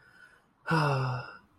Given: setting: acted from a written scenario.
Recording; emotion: vocal sound without words; serenity